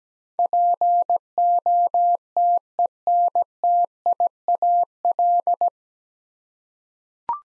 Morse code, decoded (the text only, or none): POTENTIAL